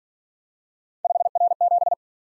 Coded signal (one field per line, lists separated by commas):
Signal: Morse code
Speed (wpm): 46 wpm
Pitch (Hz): 700 Hz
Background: none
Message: 5R7